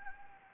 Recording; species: mosquito wingbeat signal from an infrared sensor; Anopheles gambiae